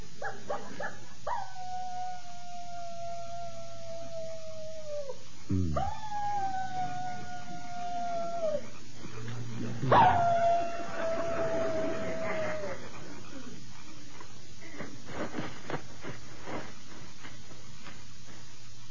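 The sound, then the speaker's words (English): A person on The Jack Benny Program imitates a coyote, letting out three long, wavering howls that each slide slightly downward in pitch, separated by short pauses, with no talking. “How'd you like my imitation of a coyote?”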